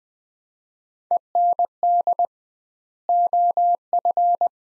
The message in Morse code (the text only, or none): END OF